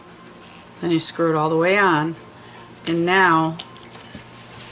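A plastic screw-on top is screwed back onto the barrel of a refillable ink/water pen so its internal poker pierces into the ink. A short, faint snap is heard at 0.4 s, then someone talks as the top is screwed all the way on, and the top is seated.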